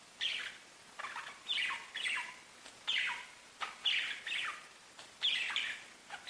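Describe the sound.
Budgerigar chirps: separate descending, slightly buzzy notes, often in pairs, with short quiet gaps between.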